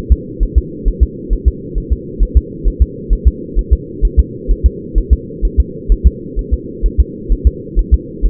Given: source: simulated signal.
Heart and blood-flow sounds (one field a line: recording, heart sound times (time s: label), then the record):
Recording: fetal heart sounds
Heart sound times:
0.12 s: S2
0.43 s: S1
0.58 s: S2
0.88 s: S1
1.03 s: S2
1.33 s: S1
1.48 s: S2
1.78 s: S1
1.93 s: S2
2.23 s: S1
2.37 s: S2
2.68 s: S1
2.82 s: S2
3.13 s: S1
3.28 s: S2
3.59 s: S1
3.73 s: S2
4.05 s: S1
4.20 s: S2
4.51 s: S1
4.66 s: S2
4.98 s: S1
5.13 s: S2
5.45 s: S1
5.60 s: S2
5.92 s: S1
6.07 s: S2
6.39 s: S1
6.54 s: S2
6.86 s: S1
7.00 s: S2
7.32 s: S1
7.47 s: S2
7.79 s: S1
7.94 s: S2
8.26 s: S1
From the record:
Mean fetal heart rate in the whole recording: 130 bpm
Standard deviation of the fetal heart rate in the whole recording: 2 bpm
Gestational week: 36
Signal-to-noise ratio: -4.1 dB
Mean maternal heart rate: no maternal heart sound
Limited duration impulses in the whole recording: absent